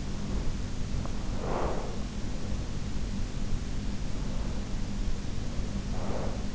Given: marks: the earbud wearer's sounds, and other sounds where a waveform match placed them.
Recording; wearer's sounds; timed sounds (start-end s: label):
sounds in sleep by an in-ear microphone; breath
0.05-2.17 s: breath
4.18-6.55 s: breath